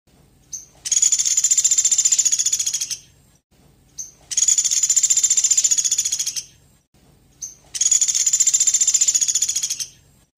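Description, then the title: Velvet-fronted nuthatch calling in three long, buzzy, high-pitched rattles, each about two and a half seconds long and each opened by a short sharp note, repeated every three to four seconds. Actively vocal (gacor) bird, used to train caged birds to sing. "Pelatuk Beras Gacor Buat Masteran"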